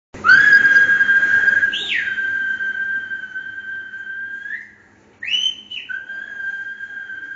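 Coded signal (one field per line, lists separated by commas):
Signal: whistled language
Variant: Silbo Gomero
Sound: loud sustained whistle with two quick upward swoops separated by a short pause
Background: faint room hum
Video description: In this restaurant situated in Agulo, you can se a demonstartion of the Old Whistling Language of La Gomera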